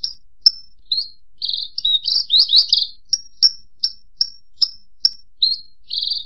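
Bird song of sharp high notes, a burst of tangled chattering trills, then spaced, clipped whistled chips.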